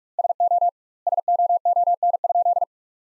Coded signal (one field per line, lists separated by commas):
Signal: Morse code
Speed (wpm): 41 wpm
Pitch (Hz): 700 Hz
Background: none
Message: SO SOON?